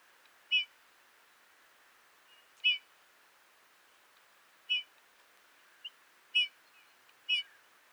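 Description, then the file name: Eurasian bullfinch giving several single short, whistled call notes against a quiet hissing background. "Goudvink Pyrrhula pyrrhula"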